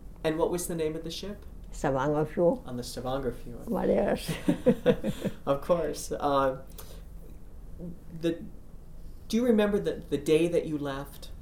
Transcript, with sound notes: And what was the name of the ship?
Stavangerfjord.
On the Stavangerfjord.
What else. ( they laugh )
Of course. The, do you remember the day that you left,